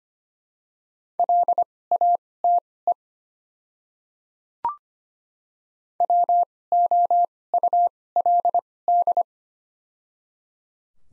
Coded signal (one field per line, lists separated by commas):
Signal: Morse code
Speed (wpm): 25 wpm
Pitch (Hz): 700 Hz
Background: none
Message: LATE WOULD